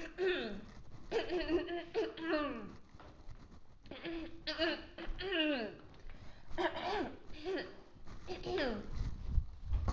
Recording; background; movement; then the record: throat clearing; quiet; walking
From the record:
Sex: female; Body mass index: 18.3 kg/m2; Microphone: on the chest, facing outward